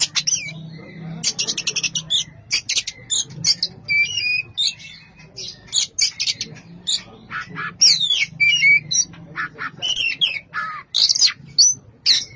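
Oriental magpie-robin song, a dense rapid chatter of clicks, rasps and brief whistles packed closely together for over twelve seconds, with a soft low drone beneath.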